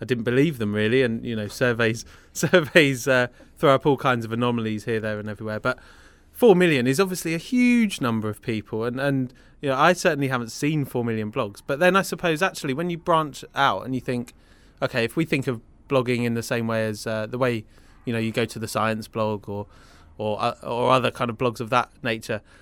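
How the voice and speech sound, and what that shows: A man speaks fluently in a conversational British accent at a moderate pace, with natural pauses and pitch variation around a mid-low voice. Voice quality is clear and unstrained, with ordinary articulation: typical adult speech.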